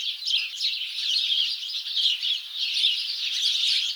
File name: Passer domesticus